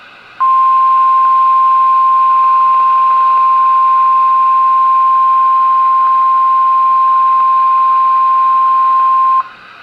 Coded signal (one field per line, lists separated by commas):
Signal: Emergency Alert System (SAME) tones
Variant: 1050 Hz attention tone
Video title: April 23, 2021 EAS Compilation (EAS #2296-2311)